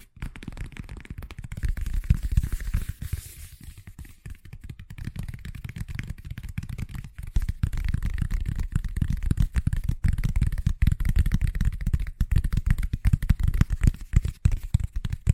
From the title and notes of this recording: ASMR Braingasm Inducing Fast Tapping (No Talking).